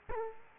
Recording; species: mosquito wingbeat signal from an infrared sensor; Culex quinquefasciatus